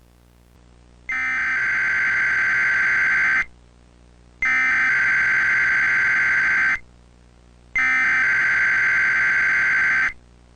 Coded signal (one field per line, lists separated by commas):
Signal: Emergency Alert System (SAME) tones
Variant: header bursts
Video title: EAS Mock // Vermillion //